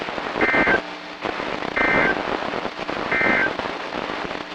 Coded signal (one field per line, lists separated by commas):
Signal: Emergency Alert System (SAME) tones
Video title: EAS #1049: It's It's It's It's It's It's It's It's It's It's | KHB36 & WXM42